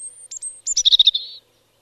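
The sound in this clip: European robin song: a thin high whistle at the start, then a rapid burst of sharp trilled notes that slides lower and fades.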